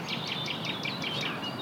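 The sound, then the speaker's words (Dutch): A nightingale sings a rapid run of repeated high, chirping notes in a steady rhythm, fairly soft against a constant background hiss, with no voices. “Ik weet nog, de eerste keer dat ik hier een nachtegaal hoorde, was ik helemaal blij.”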